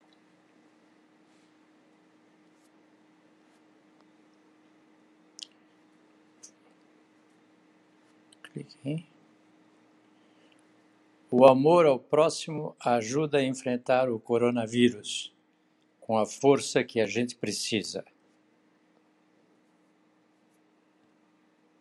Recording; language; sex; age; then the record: spoken sentence; Brazilian Portuguese; male; 80 to 89 years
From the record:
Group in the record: control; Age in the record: 80 years